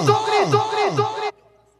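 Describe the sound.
A crowd at a live show in Abaetetuba on 22 November 2015 yells together in unison on cue, a loud, dense mass of voices swelling and dipping in three rhythmic surges before cutting off abruptly into near silence.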